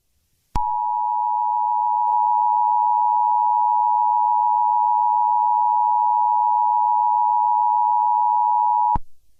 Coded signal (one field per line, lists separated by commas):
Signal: Emergency Alert System (SAME) tones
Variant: 853 and 960 Hz attention tone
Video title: Singing Feliz Navidad but it gets Interrupted by the Emergency Alert System (Day 20)